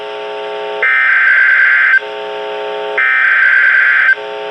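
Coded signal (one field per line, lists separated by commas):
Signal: Emergency Alert System (SAME) tones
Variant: header bursts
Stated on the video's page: Severe thunderstorm warning SAME tones received from NOAA weather radio transmitter WXK22 in Oklahoma.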